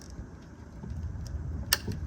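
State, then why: Seated. A large waterproof plastic harness connector, part of a Go Rhino E1 electric running board install on a Jeep JK, is pushed into its mating connector. Over a low steady rumble, it gives a single loud, sharp click at 1.7 s as it seats.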